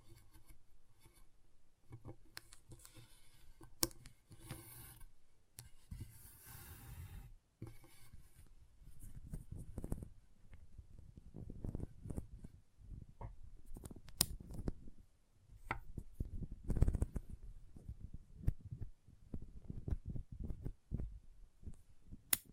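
Intense magnetic tingles: irregular clicks, taps and soft scratchy rustles, mostly low and muffled with occasional sharp bright snaps. The activity comes in uneven bursts throughout, with brief near-silent gaps around four and seven seconds.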